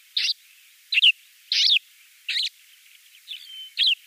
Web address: Schulze Peter Lesser Short-toed Lark song